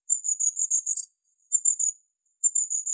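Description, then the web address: Long-tailed tit giving very high, thin calls in three rapid runs of sibilant notes separated by short pauses, with a brief buzzy burst at the end of the first run. "Aegithalos caudatus"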